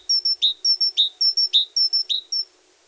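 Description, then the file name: Great tit song: bright whistled three-note phrases, two high notes then a lower dipping one, repeated about every half second, four phrases in quick succession, then one last high note. "Parus major"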